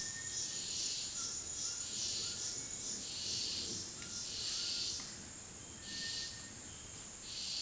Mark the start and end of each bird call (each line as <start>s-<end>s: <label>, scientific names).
0.00s-0.61s: Tinamus guttatus
1.15s-4.88s: Ramphastos tucanus
5.84s-6.55s: Tinamus guttatus